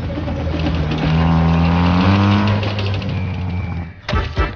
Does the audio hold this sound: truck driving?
yes